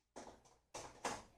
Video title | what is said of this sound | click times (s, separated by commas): Industrial Precision Battery Torque Comparison | And it just clicked, so that's 30 foot-pounds. | 1.1 s